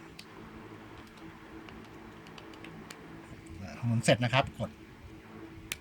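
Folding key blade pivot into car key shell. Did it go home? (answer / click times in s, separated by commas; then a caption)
yes / 5.7 s. After its return spring is wound one turn counter-clockwise, the folding key blade and pivot assembly of a Chevrolet Cruze flip key are pressed into a new plastic key case while someone talks. A sharp click at 5.7 s marks the blade pivot locking into the shell, seated.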